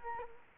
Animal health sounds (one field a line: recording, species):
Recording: mosquito wingbeat signal from an infrared sensor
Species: Culex quinquefasciatus